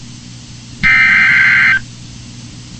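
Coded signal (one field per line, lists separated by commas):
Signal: Emergency Alert System (SAME) tones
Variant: header bursts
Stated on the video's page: Real wind chill warning on NOAA Weather Radio from NWS Pittsburgh, toned with the Winter Storm Warning SAME code.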